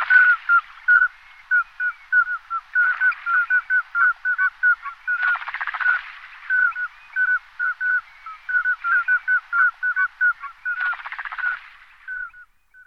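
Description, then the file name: Common scoter calls: many short, piping whistled notes repeated rapidly, with a few louder noisy bursts breaking in. "m nigra"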